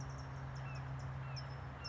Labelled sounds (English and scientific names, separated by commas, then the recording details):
California Towhee (Melozone crissalis)
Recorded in Sonoma County, California